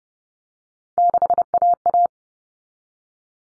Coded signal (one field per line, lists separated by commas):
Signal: Morse code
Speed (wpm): 30 wpm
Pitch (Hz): 700 Hz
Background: none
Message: 6AA